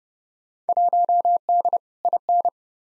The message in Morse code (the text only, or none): 1D IN